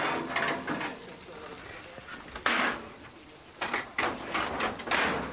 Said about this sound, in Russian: Олег с сигаретой в зубах достает из духовки противень.